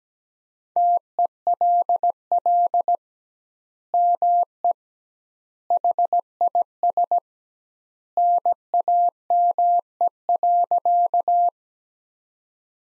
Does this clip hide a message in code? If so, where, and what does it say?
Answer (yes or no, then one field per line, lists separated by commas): yes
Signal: Morse code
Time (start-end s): 0.8-11.5 s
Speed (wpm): 17 wpm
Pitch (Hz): 700 Hz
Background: none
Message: TELL ME HIS NAME.